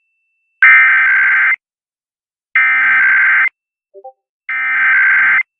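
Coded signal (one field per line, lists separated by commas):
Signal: Emergency Alert System (SAME) tones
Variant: header bursts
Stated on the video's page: EAS alerts carried on a K-LOVE station.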